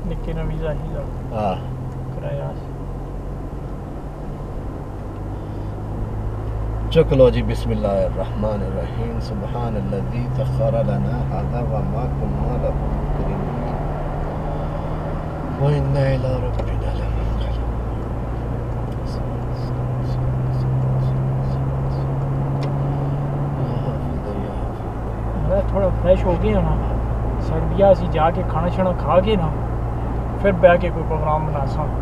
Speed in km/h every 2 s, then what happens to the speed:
37, 39, 44, 47, 53, 56, 60, 63, 68, 74, 81, 82, 84, 87, 87, 87.
0-20 speeds up to 81. 20-32 steady at about 84.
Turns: none.